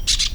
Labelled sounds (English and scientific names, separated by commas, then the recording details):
Brown-throated Parakeet (Eupsittula pertinax) contact call
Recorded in Venezuela
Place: PN Cerro Saroche, Tierras del Sr. Polo, Edo. Lara
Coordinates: 10.171, -69.518